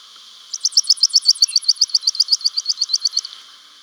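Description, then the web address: Grassland yellow-finch song, a rapid, even series of many high, sharp chips lasting nearly three seconds, with quiet background. Ecuador. "Birds of Ecuador. Grassland Yellow-Finch"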